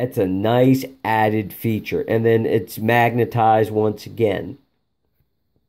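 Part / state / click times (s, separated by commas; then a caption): magnetic front cover onto VR headset / not seated / none. Someone talks while the removable magnetic front cover of a Divine Viewer VR phone headset, taken off to help keep the phone cool, is handled before being put back on. Speech fills the clip until about 4.6 s, then it goes quiet. Nothing has seated or clicked yet.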